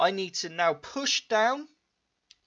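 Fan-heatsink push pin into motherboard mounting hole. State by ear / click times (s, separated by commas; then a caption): seated / 2.3 s. Someone talks while pressing a plastic push pin of a stock LGA775 fan-heatsink down into its motherboard mounting hole. After a short silence, a single sharp, brief click sounds at 2.3 s as the push pin seats.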